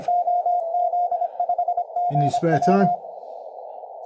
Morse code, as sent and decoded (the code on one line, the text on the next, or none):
--- --.. ..... --. .--
OZ5GW